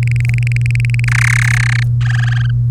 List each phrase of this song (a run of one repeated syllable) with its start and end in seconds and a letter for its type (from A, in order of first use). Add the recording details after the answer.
0.03-1.04 A, 1.08-1.83 B, 2.01-2.50 C. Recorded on 3 May 2018 at 09:05. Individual llb3